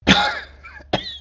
Adult Male Coughing.